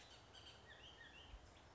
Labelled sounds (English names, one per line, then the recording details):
Bullock's Oriole
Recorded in Sonoma County, California